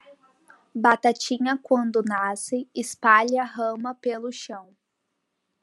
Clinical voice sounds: short text; Brazilian Portuguese; female; 18 to 19 years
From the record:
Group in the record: control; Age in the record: 19 years

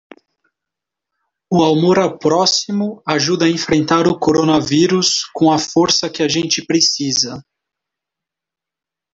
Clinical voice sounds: spoken sentence; Brazilian Portuguese; male; 30 to 39 years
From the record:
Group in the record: control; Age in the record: 30 years

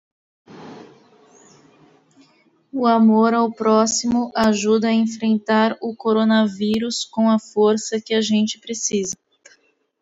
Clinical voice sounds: spoken sentence; Brazilian Portuguese; female; 30 to 39 years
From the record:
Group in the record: control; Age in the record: 38 years

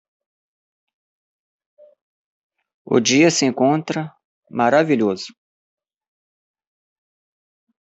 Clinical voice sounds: spoken sentence; Brazilian Portuguese; male; 50 to 59 years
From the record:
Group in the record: control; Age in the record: 51 years

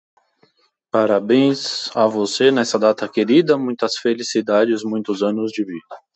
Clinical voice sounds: short text; Brazilian Portuguese; male; 30 to 39 years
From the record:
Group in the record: control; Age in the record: 32 years

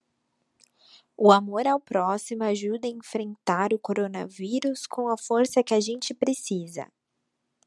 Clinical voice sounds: spoken sentence; Brazilian Portuguese; female; 20 to 29 years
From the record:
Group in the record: control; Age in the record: 26 years

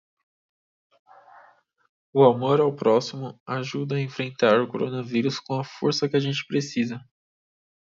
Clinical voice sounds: spoken sentence; Brazilian Portuguese; male; 20 to 29 years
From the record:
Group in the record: control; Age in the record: 24 years

